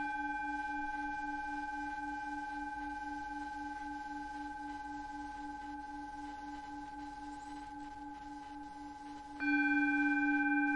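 A Tibetan singing bowl hums with a steady, pulsing low ring and bright overtones, fading slowly until a fresh strike near the end swells it louder.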